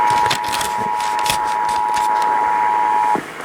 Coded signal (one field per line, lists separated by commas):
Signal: Emergency Alert System (SAME) tones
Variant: 853 and 960 Hz attention tone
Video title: WTF KHOW!? (Colorado Monthly EAS Test from 2/16/23) (EAS #790-791)